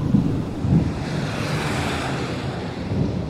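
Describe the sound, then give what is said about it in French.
Heavy pouring rain during a thunderstorm at a wooded car park in Nainville makes a dense, steady roaring hiss that never lets up, with a few low, gusty thumps of wind buffeting through it. No one speaks. “Arrivé sous une pluie battante.”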